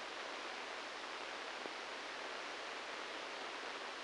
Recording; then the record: brain microelectrode recording played as sound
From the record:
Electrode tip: inside the subthalamic nucleus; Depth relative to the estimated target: 3 mm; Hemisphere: right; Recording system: NeuroSet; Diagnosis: Parkinson's disease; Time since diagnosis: 9 years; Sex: male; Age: 56 years